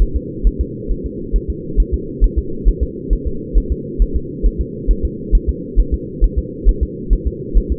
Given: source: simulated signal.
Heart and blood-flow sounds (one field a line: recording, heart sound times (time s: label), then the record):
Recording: fetal heart sounds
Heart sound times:
0.02 s: S1
0.16 s: S2
0.47 s: S1
0.61 s: S2
0.91 s: S1
1.06 s: S2
1.36 s: S1
1.50 s: S2
1.80 s: S1
1.94 s: S2
2.24 s: S1
2.38 s: S2
2.69 s: S1
2.83 s: S2
3.13 s: S1
3.27 s: S2
3.57 s: S1
3.72 s: S2
4.02 s: S1
4.16 s: S2
4.46 s: S1
4.61 s: S2
4.91 s: S1
5.05 s: S2
5.35 s: S1
5.49 s: S2
5.80 s: S1
5.94 s: S2
6.24 s: S1
6.38 s: S2
6.69 s: S1
6.83 s: S2
7.13 s: S1
7.27 s: S2
7.57 s: S1
7.72 s: S2
From the record:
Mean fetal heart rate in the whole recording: 135 bpm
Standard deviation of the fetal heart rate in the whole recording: 3 bpm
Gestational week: 36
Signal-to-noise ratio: -4.3 dB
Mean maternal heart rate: 72 bpm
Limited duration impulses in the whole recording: absent